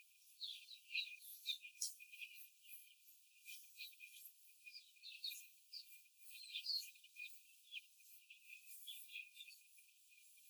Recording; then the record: young laying hens in a cage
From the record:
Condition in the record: after the stressor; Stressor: simulated dog barking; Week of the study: 4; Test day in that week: 1